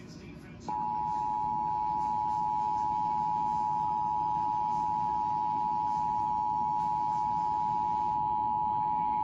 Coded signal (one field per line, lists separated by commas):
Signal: Emergency Alert System (SAME) tones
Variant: 853 and 960 Hz attention tone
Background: speech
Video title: October’s Enhanced Nightmares | EAS Alerts from 10/10/21 (EAS #71-95)